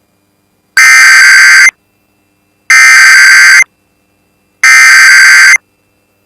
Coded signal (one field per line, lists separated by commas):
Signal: Emergency Alert System (SAME) tones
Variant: header bursts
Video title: A Lot of Monthly Tuesday (EAS #26705-26742) 6/3/25